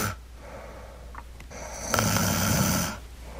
She starts out fairly low-key and rhythmic. The rhythmic sort of light snoring is not dangerous.